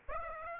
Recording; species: mosquito wingbeat signal from an infrared sensor; Aedes aegypti